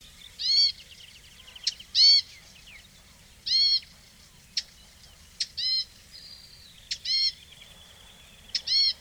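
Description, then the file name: Eurasian blackcap sharp tacking calls between repeated loud nasal harmonic calls, with a short thin buzzy trill. "Sylvia atricapilla"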